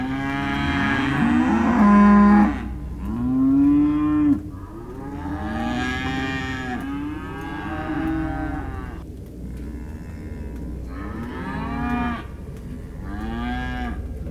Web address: audio dec 19 disconsolate cows and calves